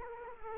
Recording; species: mosquito wingbeat signal from an infrared sensor; Culex quinquefasciatus